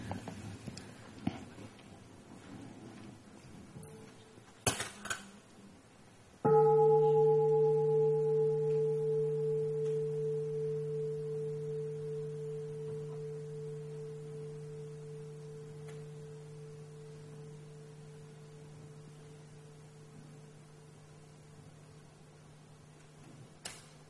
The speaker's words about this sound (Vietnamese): Thỉnh tiếng chuông để thở cho khỏe. Còn ham nghe rồi không có thỉnh chuông gì hết à.